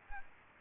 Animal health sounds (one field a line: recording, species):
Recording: mosquito wingbeat signal from an infrared sensor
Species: Aedes aegypti